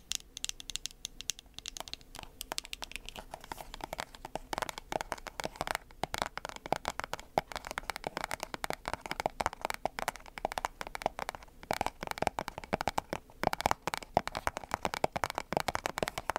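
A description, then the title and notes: ASMR tapping: quick, dense, irregular taps and crisp clicks that continue throughout, with a faint steady hum underneath in the first couple of seconds. ASMR Tapping.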